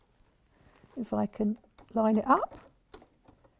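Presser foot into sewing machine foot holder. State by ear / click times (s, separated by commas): not seated / none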